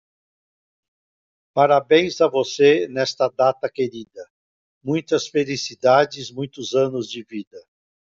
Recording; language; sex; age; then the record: short text; Brazilian Portuguese; male; 60 to 69 years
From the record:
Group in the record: control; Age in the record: 66 years